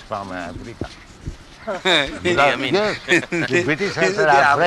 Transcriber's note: laughter